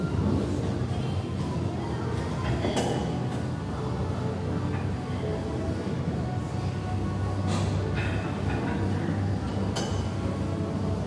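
Gym ambience with a dense, steady low rumble and hum running throughout, like treadmills whirring. Brief bright clinks cut through now and then, near 2.7, 7.5 and 9.8 seconds, with faint murmuring voices underneath.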